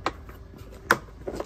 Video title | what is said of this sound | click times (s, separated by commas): Kids Slide Assembly Instructions | there we go did you care the click it clicks | 0.9 s